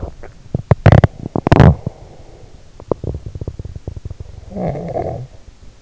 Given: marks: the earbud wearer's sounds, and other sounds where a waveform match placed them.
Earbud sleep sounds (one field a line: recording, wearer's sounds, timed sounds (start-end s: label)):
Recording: sounds in sleep by an in-ear microphone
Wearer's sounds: teeth grinding, snoring breath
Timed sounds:
0.00-4.24 s: teeth grinding
4.44-5.33 s: snoring breath